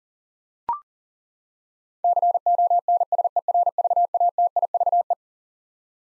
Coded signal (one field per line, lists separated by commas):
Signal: Morse code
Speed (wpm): 40 wpm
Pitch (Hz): 700 Hz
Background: none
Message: CONSERVATIVE